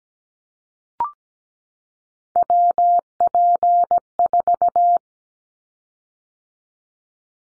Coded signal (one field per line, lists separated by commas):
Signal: Morse code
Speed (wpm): 17 wpm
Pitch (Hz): 700 Hz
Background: none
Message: WP4